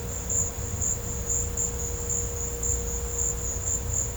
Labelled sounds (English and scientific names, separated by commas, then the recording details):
none
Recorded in pastures near Puerto Asís, Putumayo, Colombia, on 16 December 2024 at 16:30
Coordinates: 0.502, -76.324
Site G077